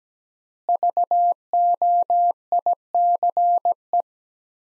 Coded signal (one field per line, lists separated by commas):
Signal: Morse code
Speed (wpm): 17 wpm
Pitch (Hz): 700 Hz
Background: none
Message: VOICE